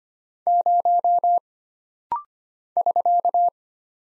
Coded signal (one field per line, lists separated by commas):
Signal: Morse code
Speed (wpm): 25 wpm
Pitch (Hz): 700 Hz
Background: none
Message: 0 <SK>